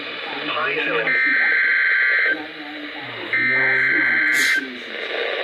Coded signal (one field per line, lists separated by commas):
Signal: Emergency Alert System (SAME) tones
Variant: header bursts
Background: speech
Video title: EAS #606 Severe Thunderstorm Warning